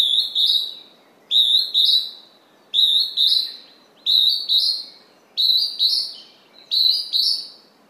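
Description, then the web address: Northern hawk-cuckoo calling: a shrill, high two-note phrase with the second note rising, repeated steadily about every 1.3 seconds, six times, over a soft background hiss. "izumino saunndo zyuuiti"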